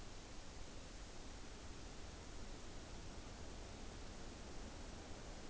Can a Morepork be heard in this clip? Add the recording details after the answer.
no. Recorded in New Zealand on 29 April 2014. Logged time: 02:19. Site Ponui